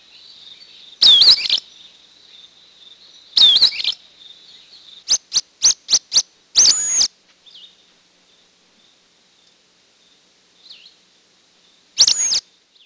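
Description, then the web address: Sulphur-bellied Flycatcher giving shrill squeaky twisting calls, broken by a quick run of five short sharp notes. "Peterson North American Birds. sbfl"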